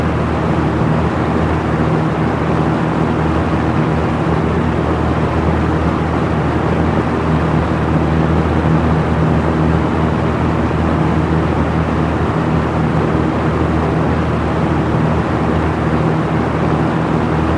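A box fan runs on high speed, giving a steady, dense rush of air that holds at the same level throughout. A low hum with a few fixed tones sits underneath, and nothing else breaks the constant whoosh.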